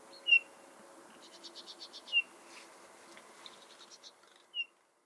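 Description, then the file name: Eurasian bullfinch calls: three clear, downslurred piping whistles roughly two seconds apart, with a fainter rapid series of high ticking notes between them. "Pyrrhula pyrrhula"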